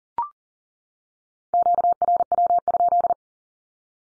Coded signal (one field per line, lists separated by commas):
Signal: Morse code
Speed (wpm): 39 wpm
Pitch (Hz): 700 Hz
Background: none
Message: QRW?